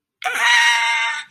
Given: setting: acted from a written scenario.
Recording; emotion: vocal sound without words; distress